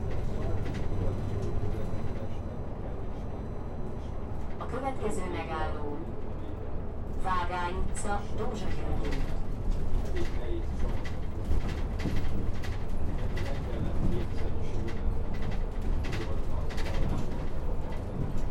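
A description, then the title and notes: A bus ride with a constant low engine rumble that fills the whole clip at an even loudness. Voices come through around five and again near eight seconds, and after that short sharp clicks and rattles repeat at irregular intervals over the droning motor. Bus #105.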